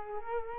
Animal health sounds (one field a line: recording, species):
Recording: mosquito wingbeat signal from an infrared sensor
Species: Culex quinquefasciatus